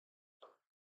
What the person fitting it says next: You hear a click that lets you know it's in place.